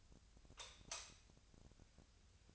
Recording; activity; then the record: daily activity, microphone in the room; light off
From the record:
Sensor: 2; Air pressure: 1009.7 hPa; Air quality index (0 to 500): 182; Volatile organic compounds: 11 ppm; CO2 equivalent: 2269 ppm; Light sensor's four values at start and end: 33/85/36/39 and 28/68/30/33